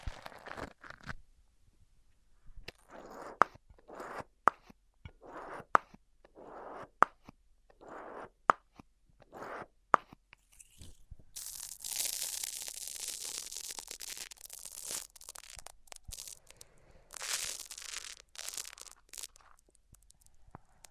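A mic rubbed on surfaces: rhythmic scuffing strokes with sharp clicks for eleven seconds, then a brighter, continuous hissing scrape that swells and fades.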